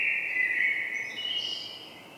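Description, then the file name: Common blackbird song: a loud, warbled stream of notes that wavers and twists, then fades over two seconds against a soft hiss. "Turdus merula"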